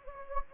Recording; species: mosquito wingbeat signal from an infrared sensor; Anopheles gambiae